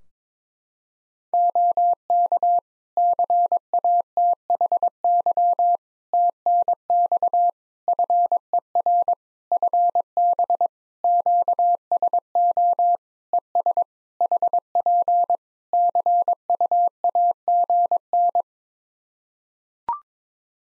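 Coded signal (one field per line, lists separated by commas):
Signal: Morse code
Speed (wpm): 22 wpm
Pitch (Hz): 700 Hz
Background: none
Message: OK CATHY TNX FER FB QSO ES HP CUAGN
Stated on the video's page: Morse at 22 wpm: practice one-sided QSO drill covering RST, QTH, name, rig, antenna, weather, age, occupation, each segment sent, spoken, then resent.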